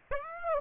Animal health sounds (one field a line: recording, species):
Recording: mosquito wingbeat signal from an infrared sensor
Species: Aedes aegypti